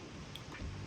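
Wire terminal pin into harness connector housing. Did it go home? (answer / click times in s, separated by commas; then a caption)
yes / 0.4 s. A crimped wire terminal is pushed into its pin cavity in a plastic connector housing on a Terminator X Max engine wiring harness for a turbo LS, with steady wind noise in the background. A short, sharp click is heard at 0.4 s as the terminal pin seats in the connector, confirming it is in.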